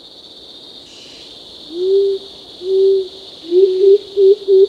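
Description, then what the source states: Short-toed coucal with a run of low hoots that grow shorter and quicker toward the end, over a steady high-pitched insect buzz. Recorded 1 April 2006.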